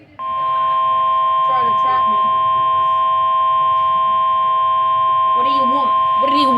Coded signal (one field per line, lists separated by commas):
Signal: Emergency Alert System (SAME) tones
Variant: 1050 Hz attention tone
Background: speech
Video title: STARLESS - EAS Alerts from 4/2/24 #21-37